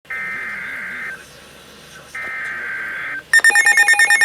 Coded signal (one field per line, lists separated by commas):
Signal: Emergency Alert System (SAME) tones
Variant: header bursts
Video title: EAS Severe Thunderstorm Warning on NOAA Radios!! (9/7/2021) (EAS #70)